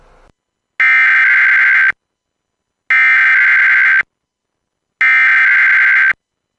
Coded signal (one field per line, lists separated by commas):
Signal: Emergency Alert System (SAME) tones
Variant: header bursts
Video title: WDFA Weekly Test (EAS #873)